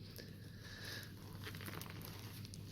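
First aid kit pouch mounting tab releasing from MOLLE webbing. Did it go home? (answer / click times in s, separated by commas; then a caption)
released / 2.5 s. Someone jerks the pull-string lanyard on a first aid kit pouch so its rear mounting tabs pop free of the MOLLE webbing they were tucked into. Soft rustling and a run of small sharp ticks from about 1.5 s build to a crisp pop at 2.5 s as the mount releases.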